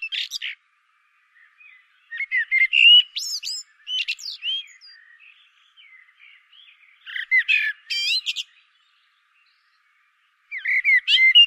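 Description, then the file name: Common blackbird delivering several warbled phrases mixed with sharp high squeaks, quieter twittering between them and a fresh phrase starting at the end. "Turdus merula"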